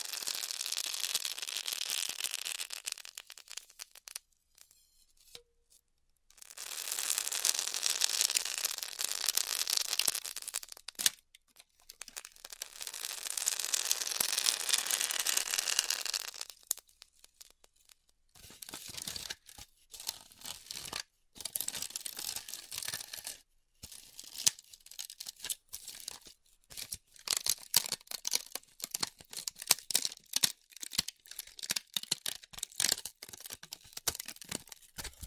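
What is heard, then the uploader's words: Styrofoam being cut with a hot wire: three long hissing, crackling passes run from the start to about 17 seconds, separated by brief silences. After that the sound turns into quicker, choppier bursts of crackle and snapping with short gaps, continuing unevenly to the end. ASMR Styrofoam Heat Cutting (No Talking).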